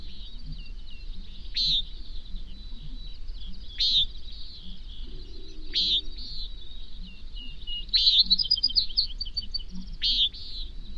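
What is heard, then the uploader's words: A prairie dawn chorus: high, thin bird song runs through the whole clip, with louder bright chirps bursting out about every two seconds, near 1.5, 4, 6, 8 and 10 seconds. Underneath, a low murmur and rumble continues, with a faint humming tone around five seconds. Today we head to Grasslands National Park in Saskatchewan, just a few miles north of the Canada/US border.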